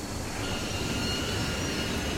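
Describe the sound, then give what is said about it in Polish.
A steady, loud rumble of a train pulling into a station, rolling along the rails, with a broad low roar and faint high whining tones from the wheels, continuous and without speech. “Informuje się, że pociąg wjeżdża właśnie na stację.”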